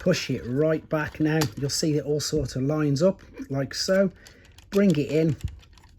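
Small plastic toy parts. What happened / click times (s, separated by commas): The plastic body panel is being pushed and lined up but has not clicked home / none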